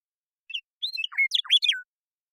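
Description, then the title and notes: Western meadowlark singing a flute-like phrase: short whistles, then a tumbling run of fast, varied notes finishing with a drawn-out falling whistle. Song, contact calls and flush; Pacific Northwest, Washington, United States. "Western Meadowlark, Sturnella neglecta, song, contact calls, and flush, family: Troupials and Allies Pacific Northwest in Washington, United States"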